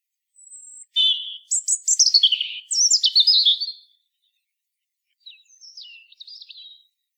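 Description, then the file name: European robin song: a thin high whistle, then tumbling, warbled phrases of quick high notes, followed after a pause by a quieter, scratchy twittering phrase. "Erithacus rubecula"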